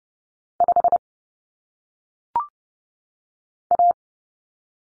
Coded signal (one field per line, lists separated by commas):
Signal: Morse code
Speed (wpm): 30 wpm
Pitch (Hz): 700 Hz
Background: none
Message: 5 A